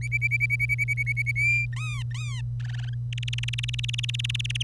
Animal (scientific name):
Serinus canaria